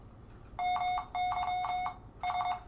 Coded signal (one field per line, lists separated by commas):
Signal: Morse code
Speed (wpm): 23 wpm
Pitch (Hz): 730 Hz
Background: none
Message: MYS